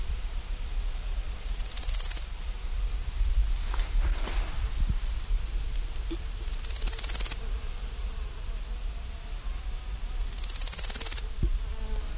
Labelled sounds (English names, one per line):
Large Gold Grasshopper stridulation